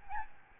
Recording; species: mosquito wingbeat signal from an infrared sensor; Aedes albopictus